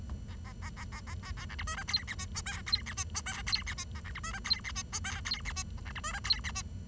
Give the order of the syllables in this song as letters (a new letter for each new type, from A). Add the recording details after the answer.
A A A A A A A A B C D E F G H I J F G H I J F G H A B C D E F G H I J F G H A B C D E F G H. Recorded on 23 June 2012 at 09:12. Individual gr41rd51